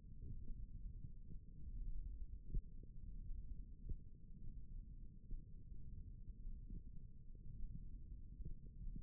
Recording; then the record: forearm muscle sounds (acoustic myography)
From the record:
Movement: thumb flexion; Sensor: system 1, eight BSWA MPA416 microphones around the upper forearm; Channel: 1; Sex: female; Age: 22 years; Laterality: right